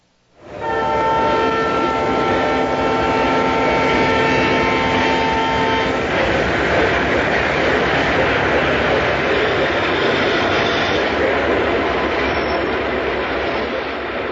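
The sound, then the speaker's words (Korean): A train thunders past a country station on a winter day, its steady horn blaring for several seconds before giving way to a loud, continuous rumbling roar of rolling cars. “오늘 겨울날 현태와 다인은 시골의 한 기차역에서 누군가를 기다립니다.”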